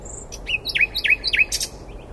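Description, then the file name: Common nightingale phrase of a few slurred, downward-swooping notes repeated quickly, ending in a short sharp burst. "Luscinia megarhynchos"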